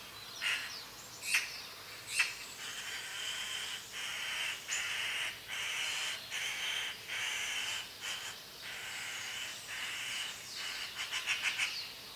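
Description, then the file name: Eurasian magpie chattering with a long run of harsh, grating notes at an uneven pace, broken by sharp clicks and ending in a quick rattle. "Pica pica"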